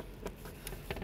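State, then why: Not seated. A bayonet-mount cable connector for a light sign is inserted at a slight angle into one of three power sockets on an exhibition container and twisted. Soft handling rustle is broken by brief, sharp contact ticks around 0.7, 0.9 and 1.0 seconds. The connector has not yet clicked or seated.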